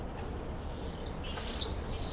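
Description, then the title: Common swifts screaming: shrill, high, drawn-out screeches in quick overlapping bursts, the loudest near the middle, with brief quieter gaps between. Summer evening in a backyard in Bytom, Poland; many swifts circling; recorded with Zoom F4 and AT BP4025 microphone. "Zygmunta Starego 3, Bytom, Poland - Backyard swifts"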